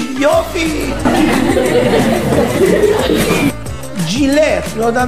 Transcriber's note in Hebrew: הקהל צוחק